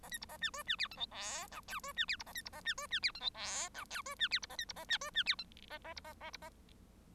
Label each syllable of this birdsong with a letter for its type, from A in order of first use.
A B C A D E D F G H I J K E D F C A B C A D E D F G H I J K E D F C A B C A D E D F G A A C A A C A